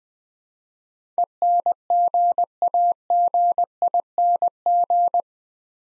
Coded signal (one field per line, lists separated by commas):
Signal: Morse code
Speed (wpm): 20 wpm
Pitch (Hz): 700 Hz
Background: none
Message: ENGAGING